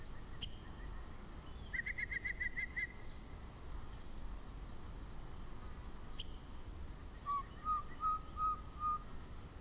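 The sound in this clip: Yellow-breasted chat sings a rapid chattering run of high notes, a sharp click, then five evenly spaced whistled notes, with constant background hiss.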